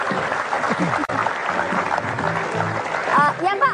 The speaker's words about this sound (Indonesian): Iya, tepuk tangan buat kalian yang cantik-cantik yang ganteng.